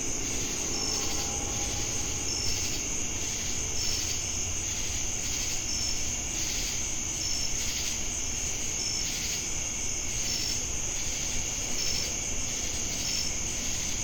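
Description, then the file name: Cricket trilling in a constant high band, regular short chirps about every second and a half, and a pulsing insect drone throughout. Crickets recorded together with cicadas in Jamestown, North Carolina, on 10 August 2018. "Crickets And Sacadas Jamestown NC August-10-2018"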